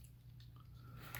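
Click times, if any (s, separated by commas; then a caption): none. Plastic parts of a Transformers Haslab Deathsaurus transforming robot toy are handled while being folded up toward the toy body, where they are meant to click into place. Quiet rubbing and handling noise runs over a steady low hum, with faint ticks near 0.0 s, 0.4 s and 1.1 s. Nothing has seated or clicked into place yet.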